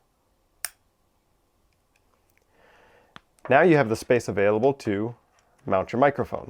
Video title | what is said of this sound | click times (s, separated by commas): How to Use an External Microphone with the Insta360 Ace Pro | and then you can slide it into the rails that are here. You should hear it click when it's set. | 0.6 s